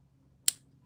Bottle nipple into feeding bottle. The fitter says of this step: and it clicked into place and so now our